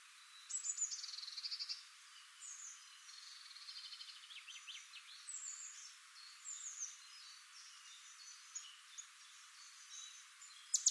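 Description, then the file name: Eurasian blackcap song: quiet, scratchy warbled phrases of rapid high notes through the first seven seconds, then a few sparse thin notes and a sharp click at the end. "Sylvia atricapilla"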